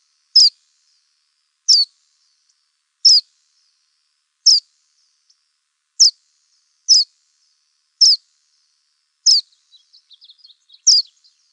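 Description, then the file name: Verdin giving repeated sharp high chip notes, one every one to two seconds, then a brief run of faint soft twittering before a final chip. "VERD 3 Deviche"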